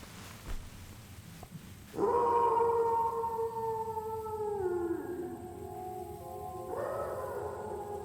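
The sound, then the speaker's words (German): A dog howls in long, sustained tones that slowly slide downward in pitch, then a second howl rises in at a higher pitch near the end, loud over a low rumbling background. “Wolf, auch das noch, oder? Nein, ein Hund.”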